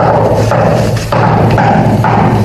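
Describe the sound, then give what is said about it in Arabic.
An agreed-upon signal knock on a door: about four dull, heavy raps spaced unevenly over a steady background hiss, with no one speaking. “اسمع، هل هو الطرق المتفق عليه؟”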